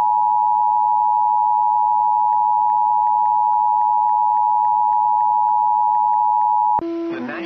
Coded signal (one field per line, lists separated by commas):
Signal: Emergency Alert System (SAME) tones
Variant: 853 and 960 Hz attention tone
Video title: HERE YOU GO WAKEFIELD EAS Alerts From 3/19/21 (EAS #376-380)